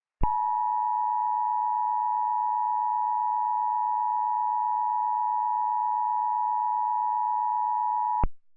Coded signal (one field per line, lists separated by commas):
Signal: Emergency Alert System (SAME) tones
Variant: 853 and 960 Hz attention tone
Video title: EAS - A Notorious November